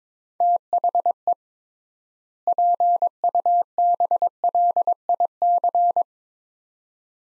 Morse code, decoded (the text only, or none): THE PUBLIC